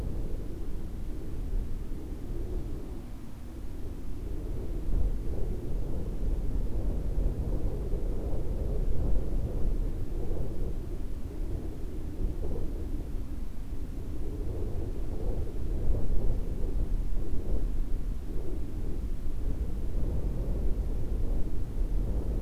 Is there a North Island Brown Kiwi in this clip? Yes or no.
no